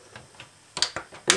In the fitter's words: push the screwdriver in until you hear a little click